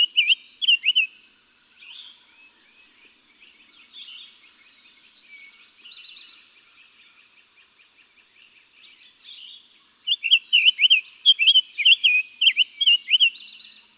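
Summer tanager song: a short burst of slurred notes, a long stretch of softer warbling, then a longer phrase of up-and-down slurred notes.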